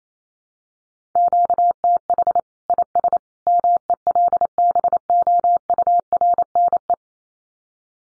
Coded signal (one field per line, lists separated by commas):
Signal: Morse code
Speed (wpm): 28 wpm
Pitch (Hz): 700 Hz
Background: none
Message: QTH IS MELBOURNE